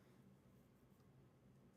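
An interchangeable lens and camera body are handled before the lens covers come off and the lens is twisted onto the body mount. Only a quiet, steady low rustle of handling is heard, with no distinct sharp sounds. Nothing has seated or clicked yet.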